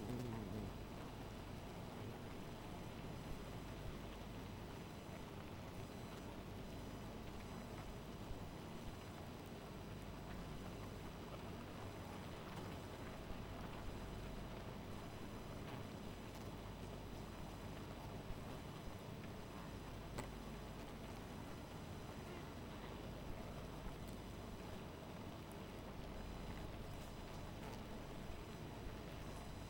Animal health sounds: honeybee colony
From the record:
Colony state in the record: missing queen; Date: 14 July 2017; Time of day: 2:00

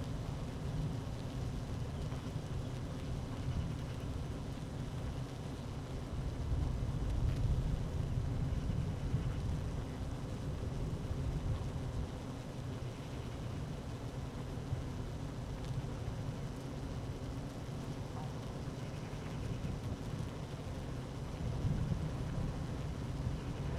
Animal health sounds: honeybee colony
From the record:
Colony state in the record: active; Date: 12 June 2018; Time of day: 12:19

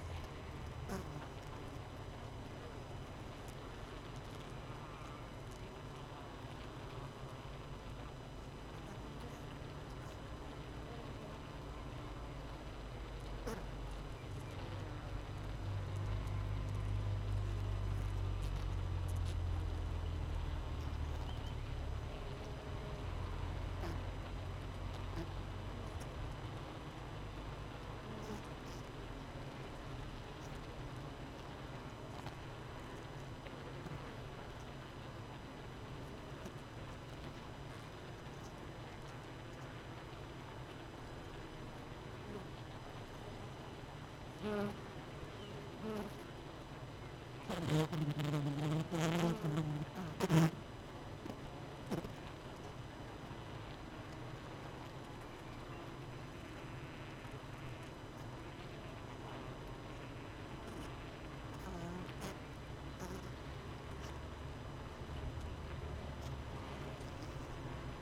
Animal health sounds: honeybee colony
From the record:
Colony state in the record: missing queen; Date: 31 May 2018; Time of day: 18:32

